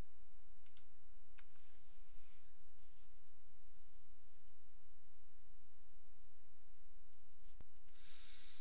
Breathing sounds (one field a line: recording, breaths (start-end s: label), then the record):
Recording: nose breathing near a microphone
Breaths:
0.00-0.69 s: exhalation
7.79-8.61 s: inhalation
From the record:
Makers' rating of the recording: medium